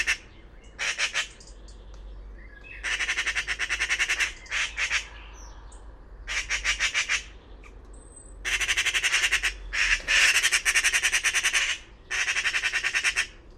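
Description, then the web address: Bird squawking in long, grating, rapidly pulsed bursts that come in several bouts. Faint higher calls can be heard in the pauses. "cianscape birddata Deverinetal 2025"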